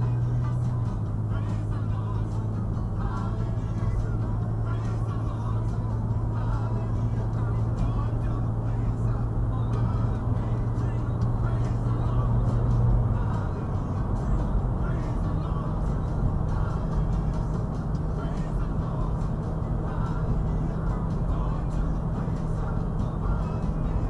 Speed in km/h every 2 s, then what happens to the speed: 71, 76, 79, 84, 87, 89, 89, 89, 89, 89, 90, 90.
0-8 speeds up to 87. 8-24 steady at about 89.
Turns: none.